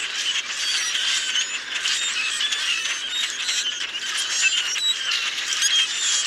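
Common grackle flock giving a steady chatter of harsh squeals, creaks and thin whistles, unbroken throughout.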